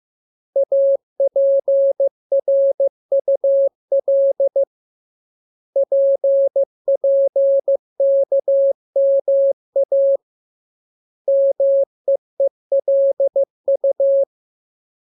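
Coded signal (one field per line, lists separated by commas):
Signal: Morse code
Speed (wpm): 15 wpm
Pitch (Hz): 550 Hz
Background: none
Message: APRUL PPKMA MEELU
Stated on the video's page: Morse lesson 13 with letters KMURESNAPTLWI; each radiogram opens with VVV and a section sign, and ends with AR.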